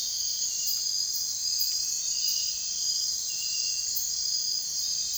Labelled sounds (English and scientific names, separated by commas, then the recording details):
none
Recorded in secondary vegetation near Puerto Asís, Putumayo, Colombia, on 23 June 2025 at 02:00
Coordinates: 0.498, -76.327
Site GP09